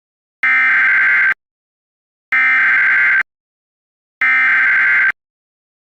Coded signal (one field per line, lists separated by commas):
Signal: Emergency Alert System (SAME) tones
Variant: header bursts